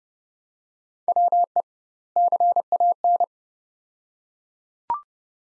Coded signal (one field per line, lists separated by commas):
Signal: Morse code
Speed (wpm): 30 wpm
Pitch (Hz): 700 Hz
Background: none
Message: WE CAN